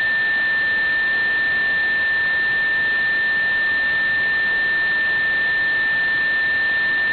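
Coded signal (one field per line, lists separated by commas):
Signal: JT65, JT9 or WSPR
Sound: a single steady, pure-sounding tone around 1.8 kHz held over constant hiss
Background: radio static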